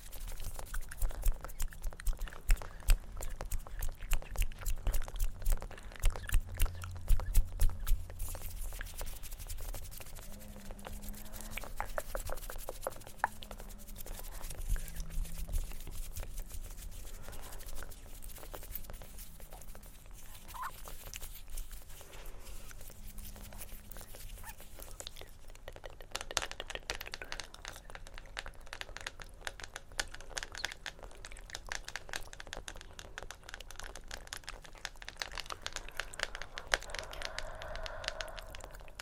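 Scratching, tapping and clicky mouth sounds run continuously for the whole stretch, a dense stream of quick crackly ticks and rustles. Occasional low hums or voiced murmurs surface around ten to fifteen seconds, and after about twenty-six seconds the ticking turns softer and less bright.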